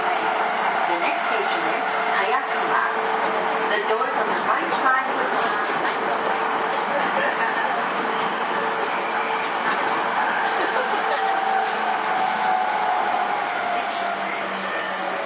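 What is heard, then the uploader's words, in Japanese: Steady rumble and hiss inside a moving commuter train, with a sustained motor whine, faint voices, and a gliding tone near the end. JRE231系 伊東〜横浜。区間は伊東線→東海道線です。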